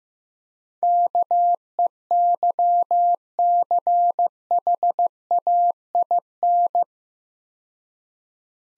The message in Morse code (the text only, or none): KEYCHAIN